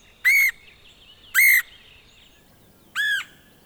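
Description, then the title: Red-headed woodpecker calls, three harsh arched notes with rich harmonics, over quiet background hiss. Dated 24 May 2021. "2021-05-24 Red-headed Woodpecker"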